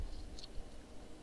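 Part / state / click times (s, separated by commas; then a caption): plastic part (likely battery box or light cover) on a brick-built stagecoach / not seated / none. A plastic part, possibly the battery box or light cover, is handled on a brick-built Lumibricks Treasure Stagecoach, a 309-piece Old West building set with lights, as it is about to be pressed back on. Soft handling noise runs throughout, with a couple of light ticks near 0.4 s and 0.4 s. The part has not snapped into place or seated yet when the clip ends.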